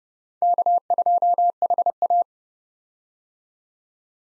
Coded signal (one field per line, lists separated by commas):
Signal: Morse code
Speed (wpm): 29 wpm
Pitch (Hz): 700 Hz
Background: none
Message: K2HA